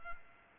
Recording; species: mosquito wingbeat signal from an infrared sensor; Culex pipiens